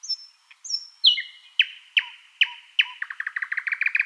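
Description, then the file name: Thrush nightingale song opening with thin high whistles, then loud spaced notes with low tails, accelerating into a rapid, pulsing rattle. "solovey obyknovennyy golos"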